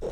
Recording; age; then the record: pig call; piglet (1 to 25 days)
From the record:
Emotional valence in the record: negative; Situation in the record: long isolation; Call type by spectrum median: low-frequency call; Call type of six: low-frequency tonal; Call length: 0.12 s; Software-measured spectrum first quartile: 85 Hz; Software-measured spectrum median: 375 Hz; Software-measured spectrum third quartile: 520 Hz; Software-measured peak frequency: 460 Hz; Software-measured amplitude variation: 77 dB a second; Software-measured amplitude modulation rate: 13.0 a second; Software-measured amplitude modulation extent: 5.9 dB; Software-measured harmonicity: 6.7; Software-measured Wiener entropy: -0.78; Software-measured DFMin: 1094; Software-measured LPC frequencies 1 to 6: 486, 2819, 3794, 5479, 6222, 6678 Hz